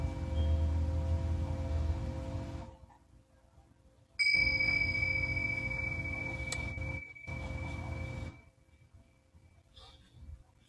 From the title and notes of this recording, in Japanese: メキシコから シンギングボウルのサウンドヒーリング ライブ。